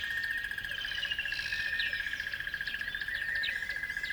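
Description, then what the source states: Birds calling in a thick chorus of rapid chirps and trills, over an unbroken pulsing high drone. At dawn on a river bed.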